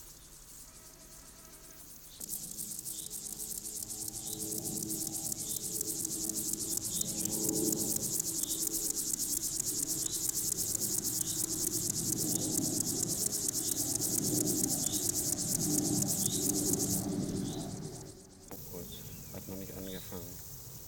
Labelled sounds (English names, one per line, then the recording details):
Upland Field Grasshopper stridulation
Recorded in the wild
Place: Blankenfelde, Berlin, DE
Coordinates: 52.625, 13.404
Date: 1992-06-27 10:30
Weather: sonnig, 22-26°C
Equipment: Marantz CP 430, Sennheiser ME 80, Kopie Tesla B 116
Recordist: Tembrock, Günter